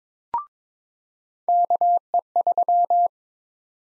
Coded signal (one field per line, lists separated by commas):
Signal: Morse code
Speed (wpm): 22 wpm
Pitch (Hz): 700 Hz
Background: none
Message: KE3